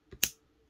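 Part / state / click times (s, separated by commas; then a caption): fountain pen cap onto pen body / seated / 0.2 s. The metal cap of a Waterman Carene DeLuxe Intense Blue fountain pen is pressed onto the pen body, where metallic retaining parts give a tight fit. A soft contact at 0.1 s is followed by a sharp, bright click at 0.2 s as the cap snaps on and seats.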